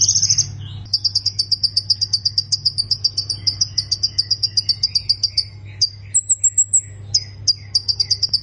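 Plain prinia song: a long, quick run of sharp high notes at a steady pace, with one thin whistled phrase late on, over a constant low hum.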